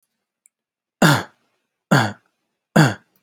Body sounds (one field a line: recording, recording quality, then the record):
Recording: shallow voluntary cough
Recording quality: excellent, no background noise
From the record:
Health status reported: healthy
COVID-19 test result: not tested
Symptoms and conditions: none ticked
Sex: male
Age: 24 years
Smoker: not ticked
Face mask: not worn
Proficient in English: yes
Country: United States